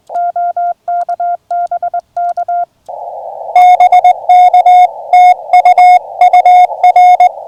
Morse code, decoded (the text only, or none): OK BK BK TU UR